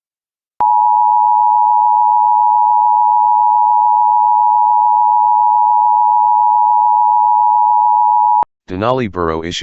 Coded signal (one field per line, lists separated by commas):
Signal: Emergency Alert System (SAME) tones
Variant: 853 and 960 Hz attention tone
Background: speech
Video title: EAS Civil Emergency Message Denali Borough, Alaska (Healy, AK) Wildland Fire Evacuation "GO" Notice